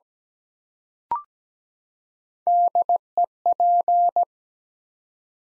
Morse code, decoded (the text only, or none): DEP